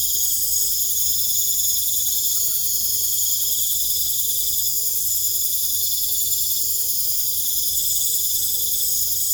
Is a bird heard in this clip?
no